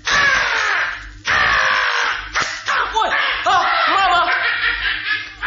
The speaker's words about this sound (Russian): Ворона! Ворона, она схватила два моих зернышка! Мама, лови ее! Мама, лови! Ой, улетела! Улетела!